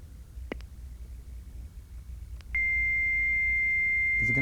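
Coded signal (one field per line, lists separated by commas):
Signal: dial-up modem handshake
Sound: two faint clicks, then a steady high tone about two seconds, then a voice starts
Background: telephone line, speech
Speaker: Okay, so why don't you do that, and then just play it for maybe 5 to 10 seconds so we can hear what it is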